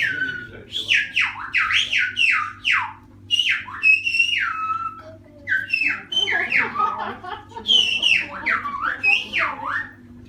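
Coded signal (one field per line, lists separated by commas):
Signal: whistled language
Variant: Silbo Gomero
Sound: a loud whistle sliding up and down in quick speech-like phrases with short pauses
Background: low hum, small room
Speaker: Окей, все, запомнили, да? Видели все. Поехали. Как мои часы. Улетают.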